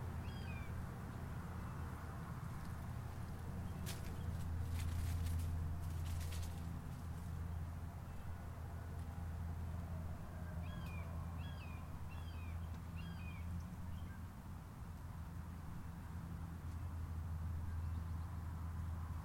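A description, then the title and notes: Outdoor ambience from a golf course in Palm Harbor, Florida, carried by a steady low rumble like distant traffic or a motor. A burst of sharp clicks and taps comes near the fourth to sixth seconds, and a bird chirps repeatedly later on. Golf Course, Palm Harbor FL.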